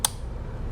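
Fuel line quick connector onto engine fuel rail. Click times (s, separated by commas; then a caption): 0.1 s. A plastic quick-connect fuel line on a BMW is pushed all the way onto the engine's fuel rail fitting. A single sharp click is heard at 0.05 s over a low, steady background. The connector is seated.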